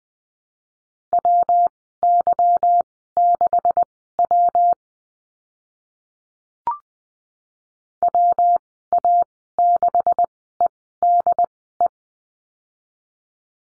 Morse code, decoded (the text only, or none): WY6W WA6EDE